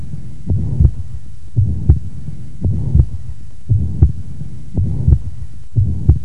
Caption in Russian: Систолический шум трикуспидальной недостаточности.